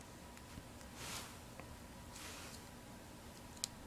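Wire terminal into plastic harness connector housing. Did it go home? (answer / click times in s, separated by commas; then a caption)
yes / 3.6 s. A metal crimp terminal on the vehicle speed sensor wiring harness of a 1997 Honda Civic is slid along its grooves into the plastic connector housing. Faint sliding and small ticks lead up to a sharp click at 3.6 s as the terminal locks into the housing, and a pull on the wire shows it is stuck, locked in.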